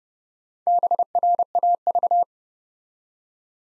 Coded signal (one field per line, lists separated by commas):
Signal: Morse code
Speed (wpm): 30 wpm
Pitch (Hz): 700 Hz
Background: none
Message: BRAV